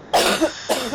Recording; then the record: coughing mixed with background sound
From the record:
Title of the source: 61 morning phlegmy cough...again